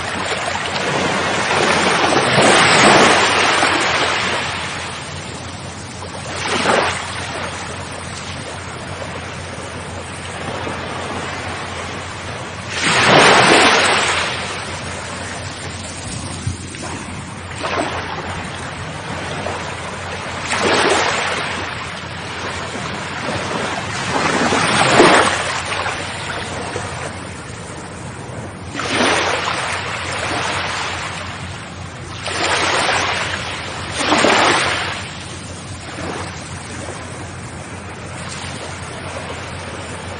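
Sea water washes onto the beach in rolling surges every few seconds, biggest near 3, 13 and 25 seconds, over a steady breezy hiss.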